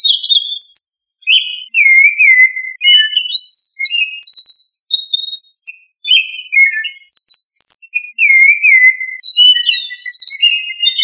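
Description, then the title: Thrush song of varied fluted whistles, jumping between high and lower notes with trills and slurs, phrases following each other almost continuously. "Familia Turdidae - Sabia"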